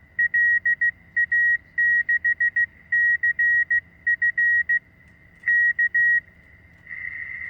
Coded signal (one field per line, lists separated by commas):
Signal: Morse code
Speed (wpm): 15 wpm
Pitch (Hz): 1900 Hz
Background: none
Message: LA6CF K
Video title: Ten Pieces of Radio Prepping Advice.